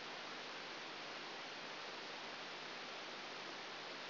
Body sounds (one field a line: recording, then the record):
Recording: brain microelectrode recording played as sound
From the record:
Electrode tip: outside the subthalamic nucleus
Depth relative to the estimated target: -4 mm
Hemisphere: right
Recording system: AlphaMap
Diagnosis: Parkinson's disease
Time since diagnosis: 11 years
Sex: female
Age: 60 years